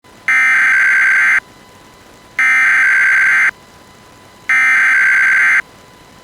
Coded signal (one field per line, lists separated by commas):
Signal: Emergency Alert System (SAME) tones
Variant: header bursts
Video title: EAS - Law Enforcement Warning (Gold Alert) Issued in Delaware for Missing Girl